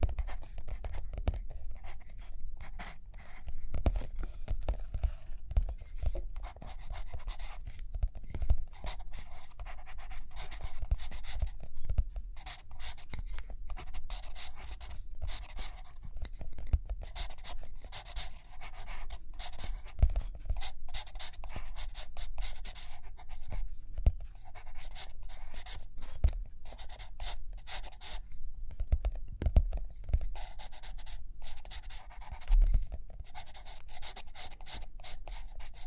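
Pencil writing and drawing on paper scratches continuously in dense, quick strokes, with frequent short taps and faint low thumps throughout.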